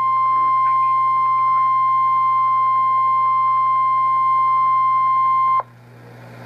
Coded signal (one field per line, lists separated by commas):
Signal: Emergency Alert System (SAME) tones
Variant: 1050 Hz attention tone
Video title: REAL EAS 215- Tornado warning